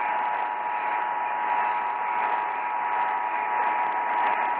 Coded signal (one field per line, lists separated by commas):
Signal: Emergency Alert System (SAME) tones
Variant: 853 and 960 Hz attention tone